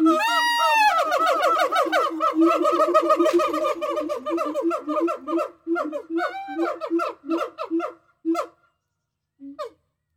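Gibbon calls: a loud opening wail, then quick repeated upswept notes about twice per second, slowly thinning out and fading to a few final hoots.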